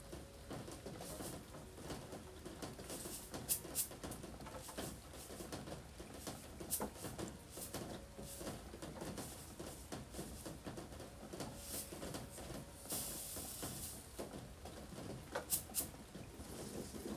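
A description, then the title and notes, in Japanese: Vegetables being readied for shipping under the eaves of a front entrance: frequent sharp clicks, rustles and knocks of handling, with louder crisp bursts around 4, 7, 13 and 16 seconds. A steady low rumble runs underneath throughout. 玄関の軒下で、収穫してきた野菜たちの出荷準備をしています。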